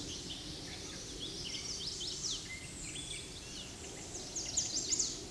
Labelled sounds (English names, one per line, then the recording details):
Chestnut-sided Warbler song
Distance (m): 20 m
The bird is about level with the microphone
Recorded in a Pennsylvania forest on 16 May 2024 at 08:05
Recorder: AudioMoth, point MSD-2074
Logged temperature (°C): 16.3 °C
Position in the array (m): 178 m, 184 m